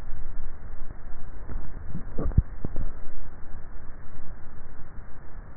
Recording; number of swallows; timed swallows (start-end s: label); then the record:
swallowing sounds by neck microphone; 1
2.12-2.78 s: swallow
From the record:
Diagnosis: dysphagia